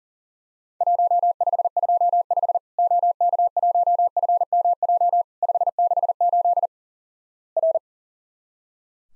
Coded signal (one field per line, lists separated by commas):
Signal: Morse code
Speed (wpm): 40 wpm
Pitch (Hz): 700 Hz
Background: none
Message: 1525 OK1FMJ 568 R